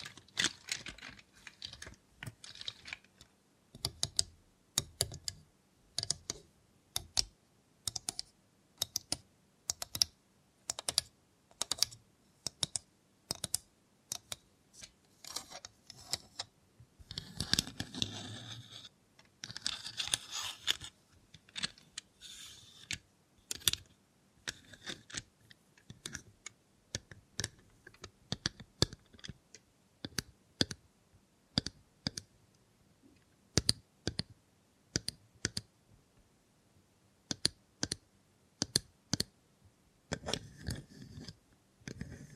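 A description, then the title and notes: Crisp mechanical clicks and taps from a robot hand come in quick irregular bursts, some spaced out and some bunched like typing. Around the middle a brief scraping rustle thickens the sound, and a faint low hum sits underneath throughout. Try ASMR with a Robot Hand (No Talking).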